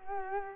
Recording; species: mosquito wingbeat signal from an infrared sensor; Culex quinquefasciatus